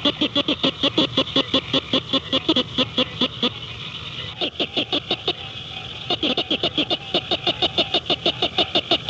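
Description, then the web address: Tree frog calling in long runs of rapid, evenly spaced pulsed notes, with short breaks near the middle before the series resumes at a steady quick pace. "Hylidae"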